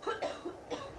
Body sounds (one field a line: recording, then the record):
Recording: coughing mixed with background sound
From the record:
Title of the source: female coughing - coughing sound effects girl